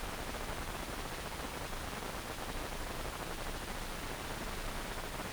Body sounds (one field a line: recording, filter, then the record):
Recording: brain microelectrode recording played as sound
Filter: wide band, above 20 Hz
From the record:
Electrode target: subthalamic nucleus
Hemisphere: right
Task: reaching with the left hand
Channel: 1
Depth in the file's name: 1.506 mm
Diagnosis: Parkinson's disease